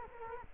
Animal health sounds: mosquito wingbeat signal from an infrared sensor; Culex quinquefasciatus

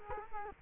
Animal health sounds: mosquito wingbeat signal from an infrared sensor; Culex quinquefasciatus

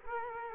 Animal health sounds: mosquito wingbeat signal from an infrared sensor; Culex quinquefasciatus

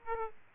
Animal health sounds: mosquito wingbeat signal from an infrared sensor; Aedes aegypti

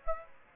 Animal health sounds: mosquito wingbeat signal from an infrared sensor; Aedes aegypti

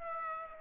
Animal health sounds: mosquito wingbeat signal from an infrared sensor; Aedes aegypti

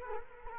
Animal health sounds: mosquito wingbeat signal from an infrared sensor; Culex quinquefasciatus

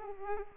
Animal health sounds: mosquito wingbeat signal from an infrared sensor; Aedes aegypti

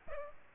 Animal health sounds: mosquito wingbeat signal from an infrared sensor; Culex pipiens

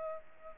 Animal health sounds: mosquito wingbeat signal from an infrared sensor; Culex pipiens

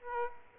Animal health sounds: mosquito wingbeat signal from an infrared sensor; Aedes aegypti

